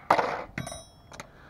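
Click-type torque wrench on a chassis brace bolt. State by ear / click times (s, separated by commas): torque reached / 0.1 s, 0.6 s, 1.2 s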